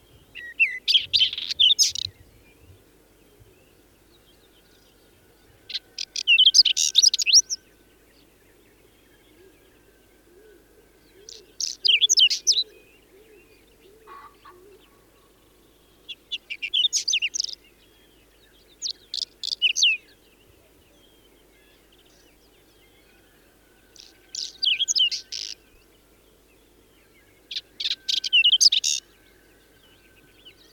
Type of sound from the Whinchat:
song